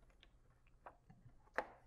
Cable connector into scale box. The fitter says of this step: and make sure it locks until you hear it click